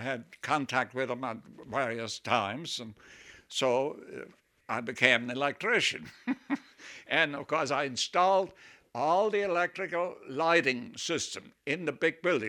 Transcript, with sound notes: I had contact with him on various times and so I became an electrician. (he laughs) And, of course, I installed all the electrical lighting system in the big building.